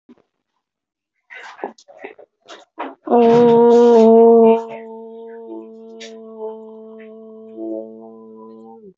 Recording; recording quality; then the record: sustained vowel as in boot; moderate, slight background noise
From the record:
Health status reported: recovered from COVID-19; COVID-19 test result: negative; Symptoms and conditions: breathing difficulty, hypertension, ischaemic heart disease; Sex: female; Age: 53 years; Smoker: not ticked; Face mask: worn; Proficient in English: yes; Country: India